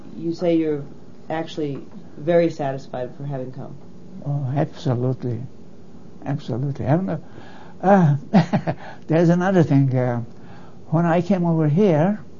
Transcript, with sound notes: you say you're actually very satisfied for having come?
Oh absolutely, absolutely. (laughs) There's another thing. When I came -- over here